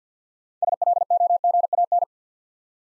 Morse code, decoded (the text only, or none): SLOGAN